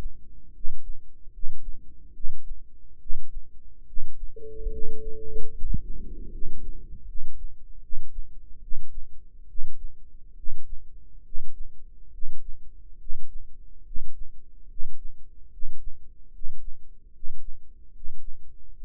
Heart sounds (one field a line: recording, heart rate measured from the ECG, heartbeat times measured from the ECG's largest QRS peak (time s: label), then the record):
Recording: heart sounds by microphone in the right ear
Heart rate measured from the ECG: 73 bpm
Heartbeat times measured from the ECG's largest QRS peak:
0.52 s: heartbeat
1.30 s: heartbeat
2.12 s: heartbeat
2.98 s: heartbeat
3.85 s: heartbeat
4.69 s: heartbeat
5.51 s: heartbeat
6.29 s: heartbeat
7.04 s: heartbeat
7.79 s: heartbeat
8.59 s: heartbeat
9.46 s: heartbeat
10.34 s: heartbeat
11.22 s: heartbeat
12.10 s: heartbeat
12.97 s: heartbeat
13.82 s: heartbeat
14.66 s: heartbeat
15.49 s: heartbeat
16.30 s: heartbeat
17.11 s: heartbeat
17.91 s: heartbeat
18.71 s: heartbeat
From the record:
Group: healthy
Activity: rest 0-4 s, breath hold 4-19 s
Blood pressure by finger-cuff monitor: 107/60 mmHg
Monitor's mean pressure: 74 mmHg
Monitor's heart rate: 72 bpm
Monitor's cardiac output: 7.4 L/min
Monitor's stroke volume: 104 mL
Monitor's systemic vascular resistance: 720 dyn s/cm5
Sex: male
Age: 35 years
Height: 180 cm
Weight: 86.9 kg